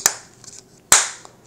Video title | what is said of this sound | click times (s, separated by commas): 2021-2024 Toyota Sienna Hybrid Key FOB battery replacement | like that until you hear the snap | 0.9 s